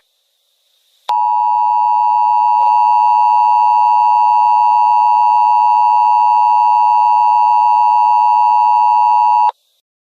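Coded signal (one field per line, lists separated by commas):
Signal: Emergency Alert System (SAME) tones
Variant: 853 and 960 Hz attention tone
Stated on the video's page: Fictional alert scenario made with app-based editing and narrator voice software.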